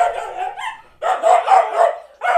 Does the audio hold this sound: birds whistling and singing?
no